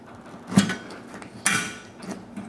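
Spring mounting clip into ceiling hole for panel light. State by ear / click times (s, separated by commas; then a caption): seated / 1.5 s. A spring mounting clip for an LED flat panel light is pushed firmly up through a 1/2 inch ceiling hole, with a scraping rustle around 0.6 s. A sharp snap at 1.5 s marks its two spring legs expanding, and the clip is seated.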